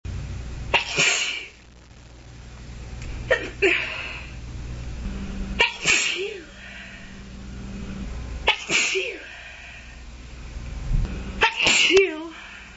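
An adult woman sneezes five times in a row, each a sharp voiced burst, roughly every two to three seconds.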